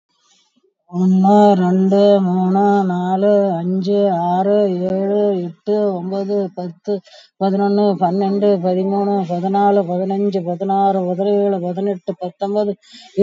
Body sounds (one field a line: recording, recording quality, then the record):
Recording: counting at a fast pace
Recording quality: excellent, no background noise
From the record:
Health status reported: COVID-19 positive, moderate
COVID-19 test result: positive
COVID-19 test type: RT-PCR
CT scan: taken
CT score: 5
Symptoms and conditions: cough, cold, breathing difficulty, fever, fatigue, muscle pain, loss of smell and taste, diarrhoea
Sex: female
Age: 65 years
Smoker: no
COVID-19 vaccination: one dose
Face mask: worn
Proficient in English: yes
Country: India